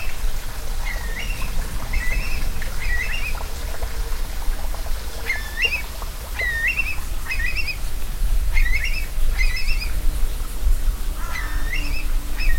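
Curlew giving rising, hooked whistled calls, repeated many times over a low background rumble.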